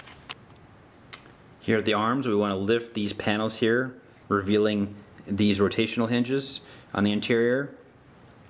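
Leg-side inner plastic panels of a transforming robot figure are folded in around its legs until they lock into place, with a sharp click at 0.3 s. Afterward someone talks.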